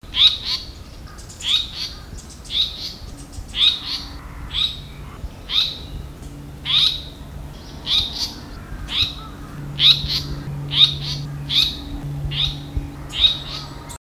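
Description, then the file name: Japanese paradise flycatcher calling: many short, high, sharp downslurred notes in quick succession, over a faint low hum. "sankoutyo"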